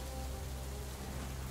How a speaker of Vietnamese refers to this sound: Phủ Quốc Oai những ngày tháng 7 cô hồn, giông bão sấm chớp giật dữ dội. Trong màn mưa trắng xóa như trút nước kia, có vài người đàn ông cưỡi ngựa phóng xuyên trong màn mưa.